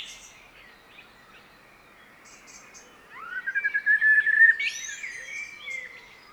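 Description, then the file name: Common blackbird singing after a quiet start: one rising fluty phrase that flutters steadily before trailing off with a high squeak. "Turdus merula"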